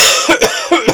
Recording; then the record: coughing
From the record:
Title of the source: Dry Afternoon Cough